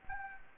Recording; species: mosquito wingbeat signal from an infrared sensor; Anopheles gambiae